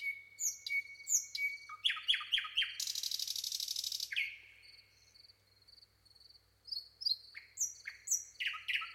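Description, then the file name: Common nightingale song of varied phrases: repeated whistles, a run of sharp down-slurred notes, a loud harsh rattle, then fresh bright notes after a short pause. "Luscinia megarhynchos"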